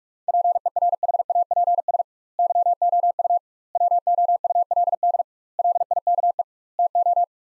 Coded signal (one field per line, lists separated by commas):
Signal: Morse code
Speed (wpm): 46 wpm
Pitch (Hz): 700 Hz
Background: none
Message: PERHAPS YOU WOULD LIKE TO